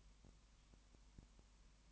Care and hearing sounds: daily activity, microphone in the room; no activity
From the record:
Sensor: 1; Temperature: 19.7 degrees Celsius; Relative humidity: 40.5%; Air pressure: 1010.7 hPa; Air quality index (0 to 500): 208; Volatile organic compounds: 56 ppm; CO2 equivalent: 3367 ppm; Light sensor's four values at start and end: 1/2/1/1 and 1/2/1/1

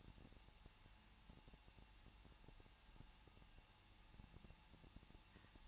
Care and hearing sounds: daily activity, microphone in the room; no activity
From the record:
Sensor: 1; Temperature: 20.1 degrees Celsius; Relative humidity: 39.2%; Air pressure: 1006.3 hPa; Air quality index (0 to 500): 218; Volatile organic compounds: 77 ppm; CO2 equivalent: 3584 ppm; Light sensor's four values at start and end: 1/2/1/1 and 1/2/1/1

